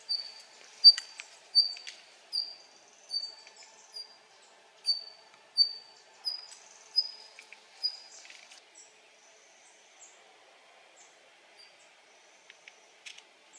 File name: Daurian redstart